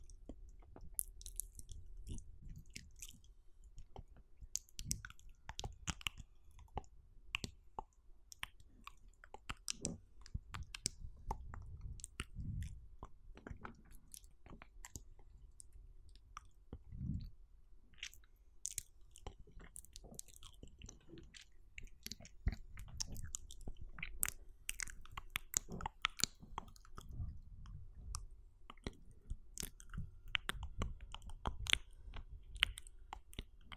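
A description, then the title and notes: Mouth sounds: constant wet clicks, smacks and chewing noises packed densely across the whole clip, sharp and bright, with soft low thumps underneath. A faint steady hum runs in the background, and the activity grows busier toward the end. High Intensive Binaural MOUTH SOUNDS EXTREME Relaxation.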